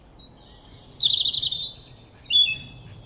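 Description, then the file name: European robin song, short and high: a thin drawn-out whistle followed by several rapid trilled and sweeping notes in quick succession. "Erithacus rubecula"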